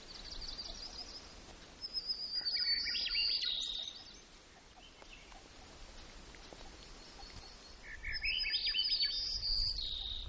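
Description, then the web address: White-crowned sparrow song: whistled notes and buzzy trills, given twice several seconds apart. Recorded in Gates of the Arctic, Alaska, on 17 June 2018 at 12:57. "alaska acoustic highlights highlights audio BIRDS. White Crowned"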